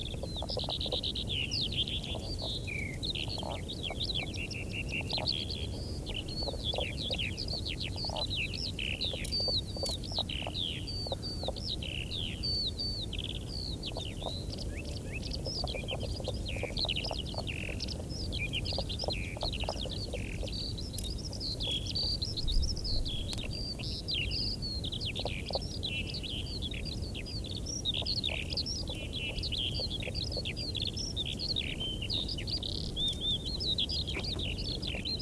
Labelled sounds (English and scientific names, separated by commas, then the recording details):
Common Spadefoot (Pelobates fuscus) call
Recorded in the wild
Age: adult
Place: Falkenberger Rieselfelder, Barnim, Berlin, DE
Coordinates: 52.584, 13.554
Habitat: pond
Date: 1991-03-30 15:07
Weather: water: 10 °C
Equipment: Uher 4000 Report Monitor, Sennheiser MKH 416 T mit Windschutz
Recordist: Frommolt, Karl-Heinz